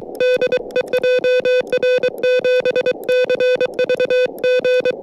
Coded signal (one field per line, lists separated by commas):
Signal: Morse code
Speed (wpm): 23 wpm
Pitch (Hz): 500 Hz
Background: music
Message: DE JR7CVG